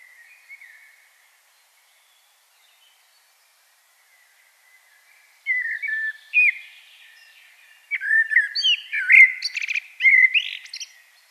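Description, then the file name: Common blackbird song: a brief low warble, a long silence, then fluty whistled notes building into a complex phrase with squeaky high flourishes. "Turdus merula"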